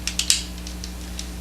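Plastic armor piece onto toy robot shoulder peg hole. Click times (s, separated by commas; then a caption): 0.3 s. A plastic armor piece with a small peg is fitted over the screw hole at the back of a toy robot's shoulder and pressed down. Two light clicks at 0.1 s and 0.2 s lead into a sharper, louder snap at 0.3 s as the piece seats onto the shoulder.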